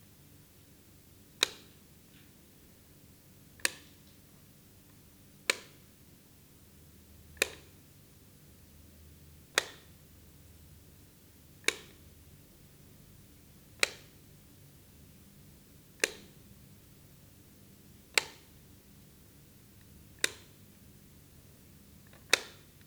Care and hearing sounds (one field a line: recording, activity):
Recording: daily activity, guitar pickup as the sensor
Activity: operate light